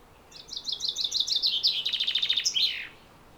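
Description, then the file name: Common chaffinch singing a cascading phrase of quick repeated notes that accelerates into a dry trill and finishes with an emphatic terminal flourish. "Fringilla coelebs"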